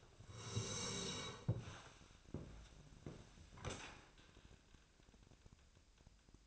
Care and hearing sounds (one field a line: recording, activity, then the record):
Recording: daily activity, microphone in the room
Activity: sit down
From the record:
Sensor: 2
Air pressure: 1000.3 hPa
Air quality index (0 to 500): 162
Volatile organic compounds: 3 ppm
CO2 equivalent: 1348 ppm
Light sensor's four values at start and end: 9/18/8/9 and 8/20/8/9